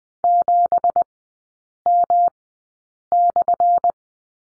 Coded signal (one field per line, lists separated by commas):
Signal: Morse code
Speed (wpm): 20 wpm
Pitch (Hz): 700 Hz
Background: none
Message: 7M/